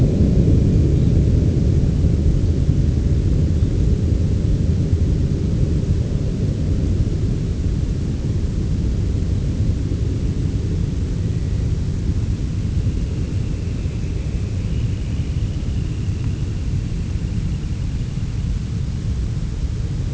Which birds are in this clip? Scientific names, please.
Phalaropus fulicarius, Calidris alpina